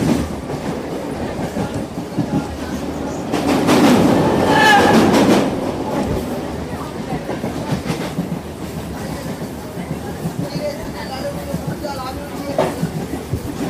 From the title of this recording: Upbeat Railroad Sounds